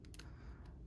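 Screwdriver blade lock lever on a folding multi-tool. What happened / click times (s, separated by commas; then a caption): The tool's blade lock lever snapped free / 0.1 s. The black lock lever on a Sunbird folding multi-tool is pressed down to release the Phillips screwdriver blade so it can fold back into the handle. A few quick, sharp metallic ticks are heard, with the loudest click at 0.1 s, over a low, steady background hum. The lever releases and the blade is freed to fold away.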